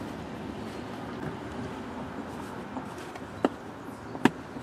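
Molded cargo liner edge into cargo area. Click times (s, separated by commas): 3.4 s, 4.3 s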